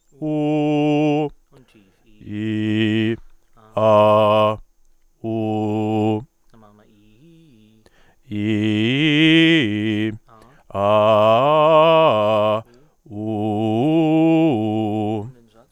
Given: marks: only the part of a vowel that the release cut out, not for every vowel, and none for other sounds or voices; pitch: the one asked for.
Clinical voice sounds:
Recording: sustained vowels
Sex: male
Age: 20 to 29 years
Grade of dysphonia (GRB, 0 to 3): 0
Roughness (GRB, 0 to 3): 0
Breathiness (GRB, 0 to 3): 0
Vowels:
0.29-1.22 s: vowel /u/, high pitch
2.33-3.08 s: vowel /i/, low pitch
3.81-4.49 s: vowel /a/, low pitch
5.28-6.15 s: vowel /u/, low pitch
8.42-10.01 s: vowel /i/, low-high-low pitch
10.84-12.46 s: vowel /a/, low-high-low pitch
13.31-15.11 s: vowel /u/, low-high-low pitch
From the record:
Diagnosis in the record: healthy voice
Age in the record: 28 years

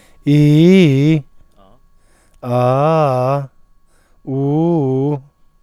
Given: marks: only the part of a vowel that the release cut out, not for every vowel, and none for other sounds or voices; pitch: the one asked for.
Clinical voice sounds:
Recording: sustained vowels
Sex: male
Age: 40 to 49 years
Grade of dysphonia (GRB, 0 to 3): 0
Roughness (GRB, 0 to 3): 0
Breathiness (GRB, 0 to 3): 0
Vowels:
0.32-1.04 s: vowel /i/, low-high-low pitch
2.57-3.27 s: vowel /a/, low-high-low pitch
4.31-5.06 s: vowel /u/, low-high-low pitch
From the record:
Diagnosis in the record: healthy voice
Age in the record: 40 years

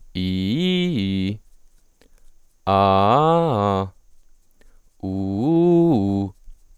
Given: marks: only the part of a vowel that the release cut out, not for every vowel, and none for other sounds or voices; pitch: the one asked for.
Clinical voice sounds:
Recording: sustained vowels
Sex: male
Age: 20 to 29 years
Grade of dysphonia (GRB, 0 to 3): 0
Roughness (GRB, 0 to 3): 0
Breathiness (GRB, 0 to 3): 0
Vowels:
0.29-1.23 s: vowel /i/, low-high-low pitch
2.78-3.73 s: vowel /a/, low-high-low pitch
5.17-6.15 s: vowel /u/, low-high-low pitch
From the record:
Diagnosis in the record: healthy voice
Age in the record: 26 years

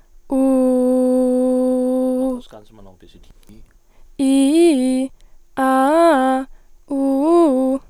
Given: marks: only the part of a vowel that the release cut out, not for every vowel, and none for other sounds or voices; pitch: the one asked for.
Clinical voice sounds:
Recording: sustained vowels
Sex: female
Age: 20 to 29 years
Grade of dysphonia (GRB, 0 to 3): 0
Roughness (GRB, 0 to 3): 0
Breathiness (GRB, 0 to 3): 0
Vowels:
0.53-2.19 s: vowel /u/, low pitch
4.29-5.00 s: vowel /i/, low-high-low pitch
5.63-6.36 s: vowel /a/, low-high-low pitch
6.98-7.70 s: vowel /u/, low-high-low pitch
From the record:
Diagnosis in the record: healthy voice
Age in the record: 20 years

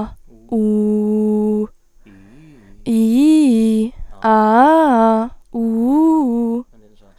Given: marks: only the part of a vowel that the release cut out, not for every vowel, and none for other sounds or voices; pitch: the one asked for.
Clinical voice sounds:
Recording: sustained vowels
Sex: female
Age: 20 to 29 years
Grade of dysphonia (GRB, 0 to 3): 0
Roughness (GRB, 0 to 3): 0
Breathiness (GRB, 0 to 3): 0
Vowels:
0.57-1.58 s: vowel /u/, low pitch
2.95-3.80 s: vowel /i/, low-high-low pitch
4.32-5.21 s: vowel /a/, low-high-low pitch
5.59-6.53 s: vowel /u/, low-high-low pitch
From the record:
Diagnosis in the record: healthy voice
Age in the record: 21 years

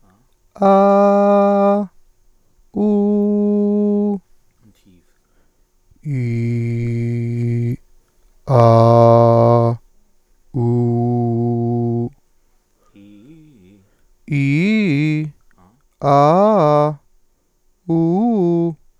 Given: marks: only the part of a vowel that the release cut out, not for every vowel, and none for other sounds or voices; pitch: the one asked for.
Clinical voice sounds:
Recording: sustained vowels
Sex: male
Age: 30 to 39 years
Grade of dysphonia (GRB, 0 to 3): 0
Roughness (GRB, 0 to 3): 0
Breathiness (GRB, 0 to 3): 0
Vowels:
0.72-1.73 s: vowel /a/, high pitch
2.84-4.07 s: vowel /u/, high pitch
6.14-7.68 s: vowel /i/, low pitch
9.10-9.66 s: vowel /a/, low pitch
10.62-12.01 s: vowel /u/, low pitch
14.35-15.17 s: vowel /i/, low-high-low pitch
16.08-16.84 s: vowel /a/, low-high-low pitch
17.92-18.68 s: vowel /u/, low-high-low pitch
From the record:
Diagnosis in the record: healthy voice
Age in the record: 31 years

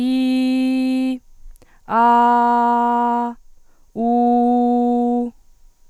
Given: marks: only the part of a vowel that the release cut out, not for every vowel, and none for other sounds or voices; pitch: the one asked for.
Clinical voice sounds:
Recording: sustained vowels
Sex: female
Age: 20 to 29 years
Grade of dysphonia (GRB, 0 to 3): 0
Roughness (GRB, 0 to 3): 0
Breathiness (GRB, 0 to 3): 0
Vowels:
0.00-1.09 s: vowel /i/, normal pitch
1.99-3.22 s: vowel /a/, normal pitch
4.04-5.21 s: vowel /u/, normal pitch
From the record:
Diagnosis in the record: healthy voice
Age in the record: 21 years

